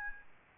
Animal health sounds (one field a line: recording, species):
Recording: mosquito wingbeat signal from an infrared sensor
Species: Aedes albopictus